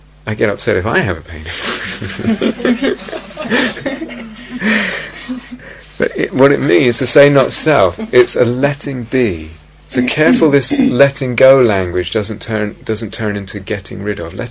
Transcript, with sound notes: I get upset if I have a pain! [laughter] But what it means to say not-self, it's a letting be. So careful this letting go language doesn't turn into getting rid of.